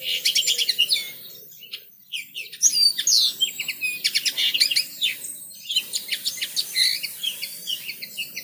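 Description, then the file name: Birds chirping busily in fast, overlapping twitters and trills, with a brief lull near two seconds. Birds singing in a garden. "Birds Singing In The Garden"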